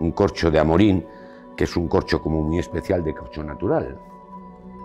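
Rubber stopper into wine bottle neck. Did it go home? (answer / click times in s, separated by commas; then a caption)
no / none. A natural-rubber stopper is handled at the neck of a wine bottle while someone talks, with steady faint tones beneath the speech. Nothing has seated or clicked yet; the clip ends just before the stopper goes home.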